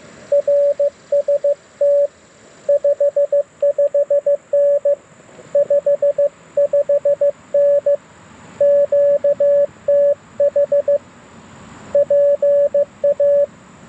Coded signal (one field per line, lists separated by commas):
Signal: Morse code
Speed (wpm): 19 wpm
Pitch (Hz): 590 Hz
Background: radio noise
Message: RST 55N 55N QTH PA